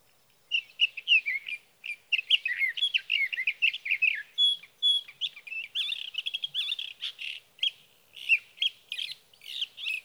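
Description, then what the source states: Sage thrasher singing a continuous, hurried warble of varied chirps and slurs, mixing buzzy and clear notes in a steady outpouring. Male singing through the night near his night roost, evening of June 12 to morning of June 15, 2018, Sierra Valley, California; Swift recorder.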